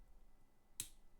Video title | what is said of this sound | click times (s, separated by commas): LEGO City - Set 30010 - (2010) Fire Chief - Build and Review | Oh, not bad, not bad. These actual wheels do give a pretty decent click. | 0.8 s